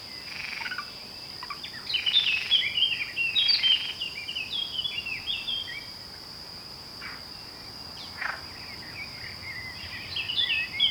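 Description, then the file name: Eurasian blackcap song: quick, scratchy warbled phrases of high chirping notes, over a steady high-pitched background tone. "Sylvia atricapilla"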